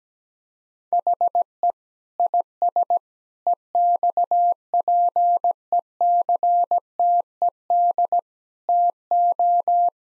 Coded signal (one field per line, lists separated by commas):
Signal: Morse code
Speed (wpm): 17 wpm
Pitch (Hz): 700 Hz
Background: none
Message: HE IS EXPECTED TO